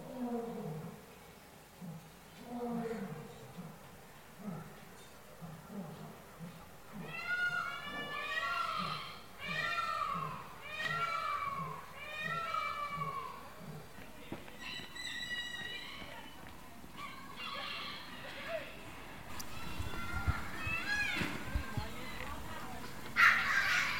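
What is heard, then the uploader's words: Zoo animals call in a lively enclosure. Low, rhythmic hooting pulses repeat through the first half, while from about 7 to 13 seconds loud, rising whooping cries build in quick bursts. Later come sharper, scattered bird calls and shuffling footsteps. Paignton Zoo. A walk around the zoo starring some hungry apes and noisy birds of paradise.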